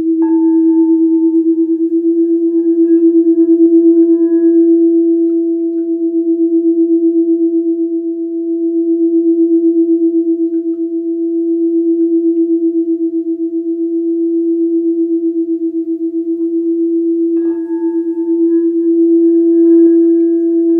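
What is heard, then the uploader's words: Two singing bowls tuned to E ring together in a steady, pure low-middle hum that fills all twenty seconds, gently pulsing and beating in loudness. Faint higher overtones shimmer near the start and return around seventeen seconds, suggesting fresh strikes. It focuses on two binaural E bowls - 7” E+20 Azeztulite Lemon Aura Gold Platinum with Crone Goddess Rim and 9” Grandmother Platinum Rim etched with Butterfly Super Grade bowl.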